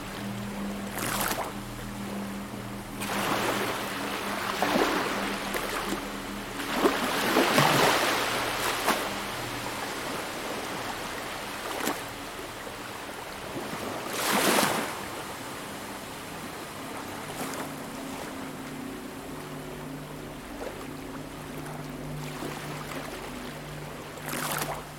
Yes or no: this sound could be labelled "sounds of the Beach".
yes